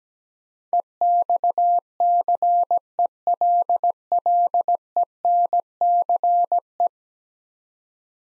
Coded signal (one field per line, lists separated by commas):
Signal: Morse code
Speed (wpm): 17 wpm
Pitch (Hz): 700 Hz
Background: none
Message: EXCELLENCE